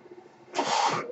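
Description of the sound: A near-silent pause gives way to a steady rush of airy hiss lasting about half a second, then it cuts off. This is a mechanical ventilator pushing a breath, heard in the gap between the user's spoken phrases.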